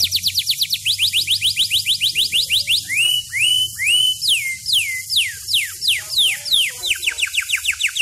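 Bird song opening with a quick trill of high downslurred notes, then slower arching whistles that sweep down, repeated in a steady series.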